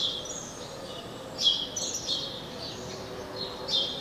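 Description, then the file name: House sparrow calls: a few brief, bright chirps at irregular intervals, with constant low environmental noise. "Passer domesticus"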